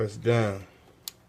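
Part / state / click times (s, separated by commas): RAM module into motherboard memory slot / not seated / none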